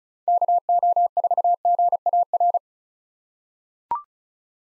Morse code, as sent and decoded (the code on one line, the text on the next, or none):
-.- --- ....- --. .- .-.
KO4GAR